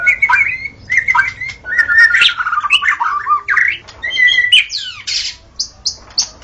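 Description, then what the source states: White-rumped shama song with clear whistled notes, slurred rising and falling phrases and harsh squawky bits, ending in short high buzzy bursts. Wild bird recorded in forest; natural song.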